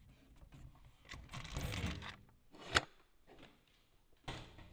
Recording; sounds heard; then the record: poultry house recording; no chicken sound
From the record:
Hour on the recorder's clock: 23